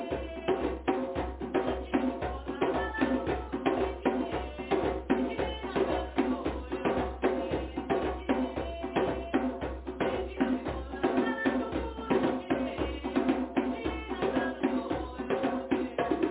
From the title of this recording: Drumming rising